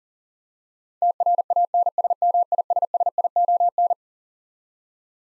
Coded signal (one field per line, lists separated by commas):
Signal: Morse code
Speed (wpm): 37 wpm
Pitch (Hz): 700 Hz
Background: none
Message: TRANSMISSION